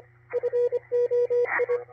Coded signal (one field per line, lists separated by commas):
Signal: Morse code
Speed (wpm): 25 wpm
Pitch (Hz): 480 Hz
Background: radio noise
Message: FOI